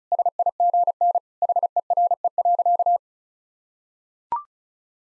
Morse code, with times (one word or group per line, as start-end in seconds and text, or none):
0.1-1.2 SIGN
1.4-3.0 HERE.